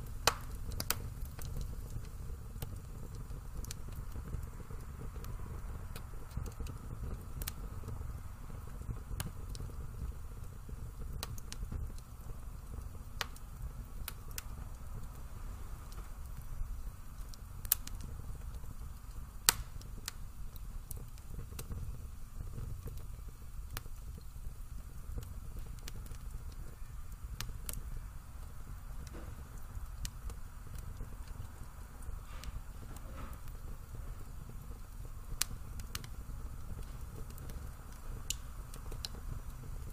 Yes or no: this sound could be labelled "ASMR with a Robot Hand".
no